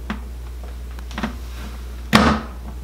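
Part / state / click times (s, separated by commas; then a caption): bidet seat onto toilet mounting bracket / seated / 2.1 s. An Alpha Bidet JX bidet seat is slid back onto the mounting brackets on a toilet, with a few faint knocks and scrapes near 0.1 s and 1.2 s. A sharp, loud snap at 2.2 s is the seat locking into place, and it is confirmed seated on the brackets.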